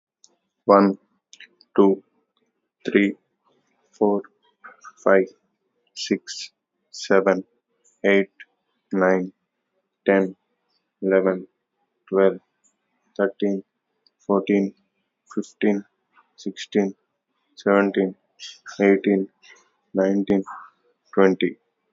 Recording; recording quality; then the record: counting at a normal pace; excellent, no background noise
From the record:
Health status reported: healthy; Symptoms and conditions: none ticked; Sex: male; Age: 31 years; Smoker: yes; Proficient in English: yes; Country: India